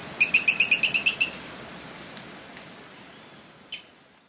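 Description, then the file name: Brown-breasted pygmy-tyrant song: a brisk, evenly paced burst of about nine high chipping notes, then a lone sharp tick after a pause of over two seconds. "canto do catraca"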